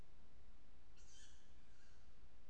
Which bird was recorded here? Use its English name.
Tawny Owl